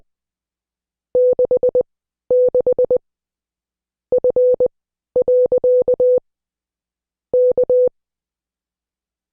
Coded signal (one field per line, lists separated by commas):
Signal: Morse code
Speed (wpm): 20 wpm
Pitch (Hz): 500 Hz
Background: none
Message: 66 F. K